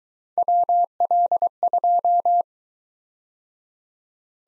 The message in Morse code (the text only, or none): WL2